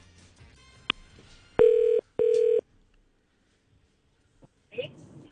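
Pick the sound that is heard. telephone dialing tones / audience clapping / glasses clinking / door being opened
telephone dialing tones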